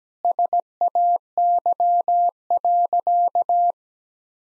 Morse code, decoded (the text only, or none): SAY.